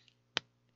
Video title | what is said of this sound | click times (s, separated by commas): Envelope Band Tutorial | maybe if I put it closer to my mic you'll hear the little click | 0.4 s